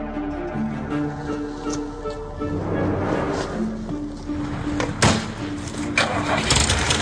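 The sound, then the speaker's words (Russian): A car engine cranks and catches, then settles into a steady idle hum with a few revs and clunks, the motor's tone changing as it warms up. “Садись в машину!”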